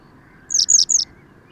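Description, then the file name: Western yellow wagtail calling one short burst of three sharp, high, descending notes in quick succession. "Gele Kwikstaart Motacilla flava"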